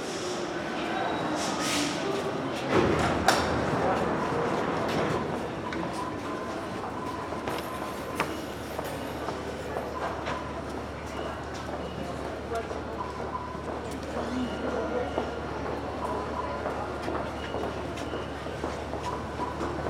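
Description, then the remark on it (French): High, cricket-like electronic chirps, which signal a curved platform and fall silent when no train is present, sound over the steady rumble and hiss of Concorde metro station, line 1, direction La Défense, with a train's clatter and faint murmuring voices in the background. “Les fameux grillons qui signalent une station courbe qui se taise hors de la présence d'un métro.”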